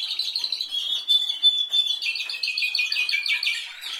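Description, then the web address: Canary singing a varied, bubbling warble: quick chirps and a brief pure whistle, then rapid choppy phrases. "Golchin Best Canari Seda Canari. Niyaz Music)"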